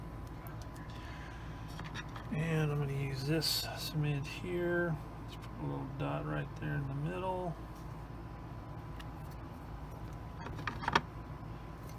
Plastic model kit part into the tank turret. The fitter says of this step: sure it clicks down in place there's a couple locator pins to